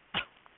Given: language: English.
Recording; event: throat vibration sensor signal played as sound; cough